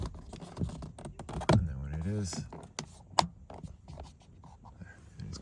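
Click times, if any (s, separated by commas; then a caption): 2.8 s, 3.2 s. A driver door window/lock/mirror switch panel for a 2014–21 Mazda6 is pressed down into the plastic door trim while someone talks. Its side clips snap home at the bottom with two sharp plastic clicks at 2.8 s and 3.2 s, and the panel is seated.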